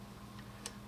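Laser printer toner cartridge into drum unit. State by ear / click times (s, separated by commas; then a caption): seated / 0.7 s. A shaken toner cartridge for a Brother HL 5250 laser printer is dropped into its drum unit and pressed down until it latches. A single short, bright click sounds at 0.7 s over a steady low hum. The cartridge is seated in the drum unit.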